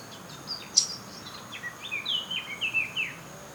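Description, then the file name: Eurasian blackcap song opening with soft scratchy high notes and a sharp tick, then a clear run of fluty whistled notes rising and falling, over steady background hiss. "Sylvia atricapilla"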